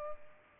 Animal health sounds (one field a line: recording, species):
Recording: mosquito wingbeat signal from an infrared sensor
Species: Culex pipiens